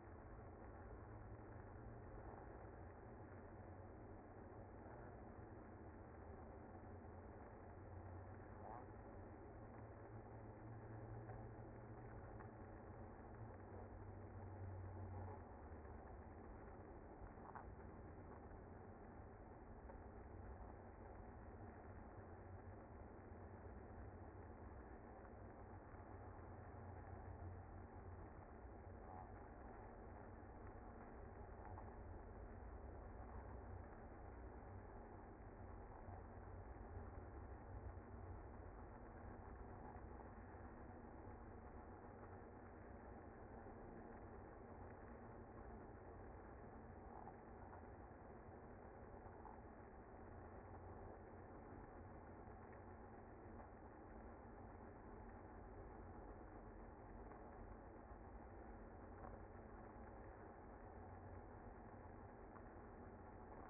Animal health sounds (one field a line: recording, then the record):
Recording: honeybee colony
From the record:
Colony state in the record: active